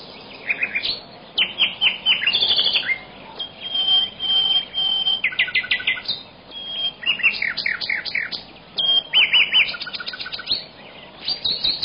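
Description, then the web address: Lively bird chirping throughout, with quick clusters of high, slurred notes and a few longer whistled tones between bursts. "animali uccelli uccelli birds"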